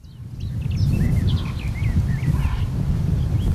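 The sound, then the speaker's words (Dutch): A small bird, identified as a garden warbler perched on a branch in the Oranjezon nature area in Vrouwenpolder, gives a run of thin, high chirps and short whistled notes, repeated quickly and fairly faint, over a steady low rumble of wind-like noise. “Kijk, daar zit een klein vogeltje op de tak.”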